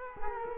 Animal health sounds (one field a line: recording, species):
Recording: mosquito wingbeat signal from an infrared sensor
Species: Culex quinquefasciatus